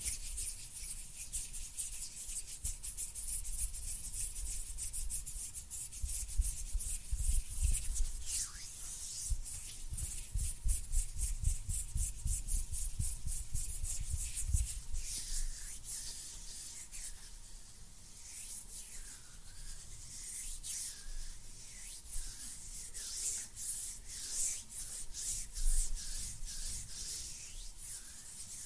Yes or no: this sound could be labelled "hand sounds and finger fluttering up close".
yes